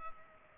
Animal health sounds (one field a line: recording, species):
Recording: mosquito wingbeat signal from an infrared sensor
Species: Culex pipiens